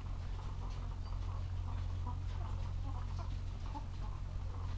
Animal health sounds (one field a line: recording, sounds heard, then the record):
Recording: poultry house recording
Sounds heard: sick chickens (respiratory disease)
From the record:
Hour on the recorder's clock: 14